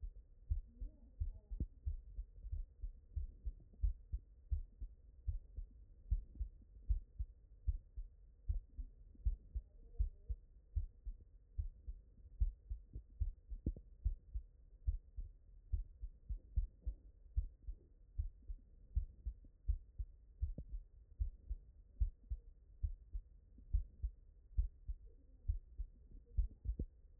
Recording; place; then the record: heart sounds by stethoscope; mitral valve (MV)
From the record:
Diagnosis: non-HFrEF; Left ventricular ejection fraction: 65%